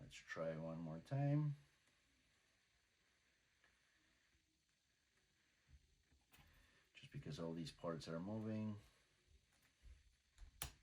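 A plywood part is pressed into the moving assembly of a UGears Millennium Falcon wooden model on a second attempt after a failed try, while someone talks. Quiet handling and rustling follow, then a sharp click at 10.6 s as the part snaps into place and seats.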